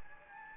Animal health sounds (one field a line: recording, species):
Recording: mosquito wingbeat signal from an infrared sensor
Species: Anopheles gambiae